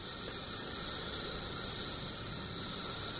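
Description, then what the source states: Periodical cicadas in a dense chorus: a continuous high, hissing drone that holds steady without pauses. Thousands of cicadas singing together on a single tree; mass chorus event occurring every 17 years in May or June.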